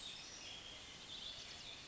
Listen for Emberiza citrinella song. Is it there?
no